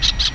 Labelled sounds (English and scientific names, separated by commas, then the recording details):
Brown-throated Parakeet (Eupsittula pertinax) contact call
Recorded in Venezuela
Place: Tumeremo, Edo. Bolívar
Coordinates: 7.209, -61.364